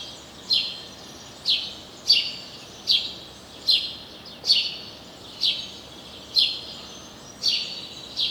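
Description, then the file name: House sparrow calling with loud chirps repeated roughly once a second against quiet background noise. "Passer domesticus"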